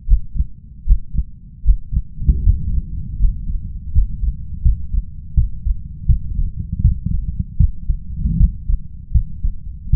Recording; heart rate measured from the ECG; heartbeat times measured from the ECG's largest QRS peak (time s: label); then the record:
heart sounds by stethoscope; 79 bpm
0.06 s: heartbeat
0.84 s: heartbeat
1.63 s: heartbeat
2.41 s: heartbeat
3.18 s: heartbeat
3.91 s: heartbeat
4.61 s: heartbeat
5.34 s: heartbeat
6.06 s: heartbeat
6.81 s: heartbeat
7.57 s: heartbeat
8.37 s: heartbeat
9.11 s: heartbeat
9.90 s: heartbeat
From the record:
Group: healthy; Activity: rest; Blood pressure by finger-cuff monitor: 130/78 mmHg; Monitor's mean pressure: 91 mmHg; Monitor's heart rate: 77 bpm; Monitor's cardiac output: 6 L/min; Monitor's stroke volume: 78 mL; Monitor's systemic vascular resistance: 1140 dyn s/cm5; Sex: male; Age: 21 years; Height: 180 cm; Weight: 67.5 kg